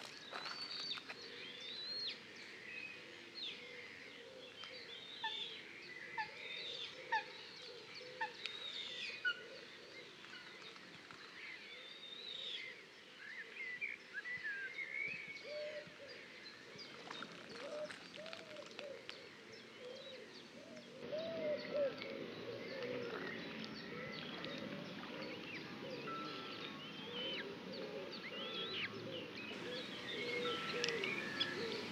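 A saltmarsh at dusk, full of overlapping bird calls, with chirps and whistles scattered throughout and a short run of soft repeated notes early on. A low murmur sits underneath, and the chorus grows busier and louder after about twenty seconds.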